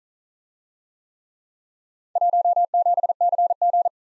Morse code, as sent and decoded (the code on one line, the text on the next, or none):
.---- --... -.-. --.
17CG